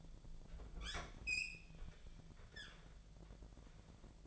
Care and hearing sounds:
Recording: daily activity, microphone in the room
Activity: open fridge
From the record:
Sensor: 5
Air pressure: 1000.1 hPa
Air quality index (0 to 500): 103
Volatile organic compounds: 1 ppm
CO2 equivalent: 833 ppm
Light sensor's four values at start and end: 231/548/234/255 and 236/559/238/260

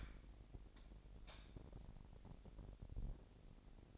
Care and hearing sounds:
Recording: daily activity, microphone in the room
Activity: light on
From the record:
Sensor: 5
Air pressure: 1012.0 hPa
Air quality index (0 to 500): 249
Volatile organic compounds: 4 ppm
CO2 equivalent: 1691 ppm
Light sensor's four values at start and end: 40/94/39/42 and 42/99/41/44

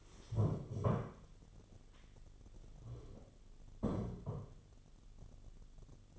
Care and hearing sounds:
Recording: daily activity, microphone in the room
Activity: stand up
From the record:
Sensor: 4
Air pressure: 1016.1 hPa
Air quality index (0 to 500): 197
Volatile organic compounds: 10 ppm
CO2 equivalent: 2252 ppm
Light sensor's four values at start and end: 9/19/8/7 and 9/19/8/7

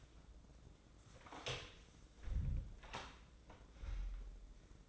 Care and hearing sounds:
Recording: daily activity, microphone in the room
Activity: close door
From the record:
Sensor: 3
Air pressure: 1012.3 hPa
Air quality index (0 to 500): 178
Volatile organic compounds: 3 ppm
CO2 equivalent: 1358 ppm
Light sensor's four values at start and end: 602/1496/620/638 and 604/1501/622/640

